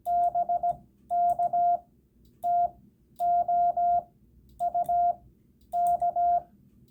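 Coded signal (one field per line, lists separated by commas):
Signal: Morse code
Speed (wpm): 17 wpm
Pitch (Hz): 700 Hz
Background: none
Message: BK TO U K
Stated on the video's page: Rag-chew CW.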